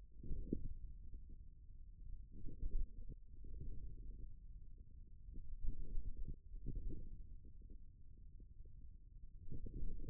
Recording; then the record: forearm muscle sounds (acoustic myography)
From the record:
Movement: wrist flexion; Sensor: system 1, eight BSWA MPA416 microphones around the upper forearm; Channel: 6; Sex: male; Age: 41 years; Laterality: right